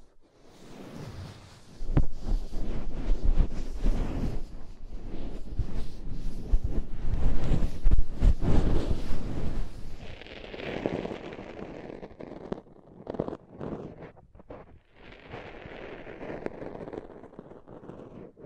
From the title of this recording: Deep Ear Tingles Soft & Fluffy Triggers